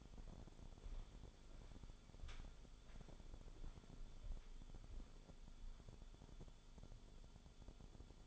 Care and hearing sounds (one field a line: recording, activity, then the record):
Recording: daily activity, microphone in the room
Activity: walk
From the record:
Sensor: 5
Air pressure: 1015.4 hPa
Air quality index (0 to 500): 176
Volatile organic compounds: 6 ppm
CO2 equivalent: 1920 ppm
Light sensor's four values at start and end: 35/81/32/31 and 39/89/36/35